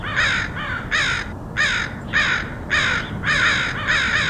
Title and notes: Crows of Portland. Crows recorded by Dan Bodah in Portland, OR, August 2003